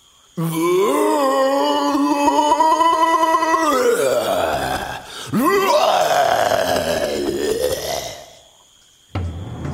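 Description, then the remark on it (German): A person imitates a gorilla's roar shaking an island: a long, loud, groaning bellow lasting about eight seconds, breaking briefly midway into a swooping cry before rumbling on and fading out. “Dann erschüttert ein furchtbares Gebrüll die Insel.”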